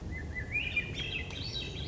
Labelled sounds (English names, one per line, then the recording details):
Swainson's Thrush
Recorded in Sonoma County, California